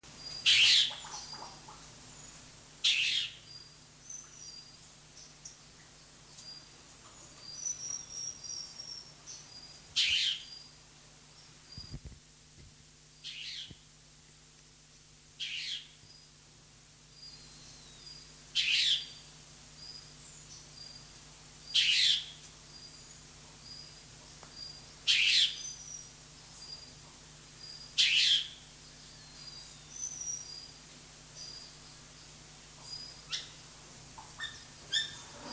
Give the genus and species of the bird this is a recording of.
Chloropsis hardwickii